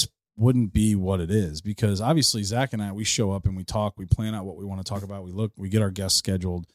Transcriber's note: none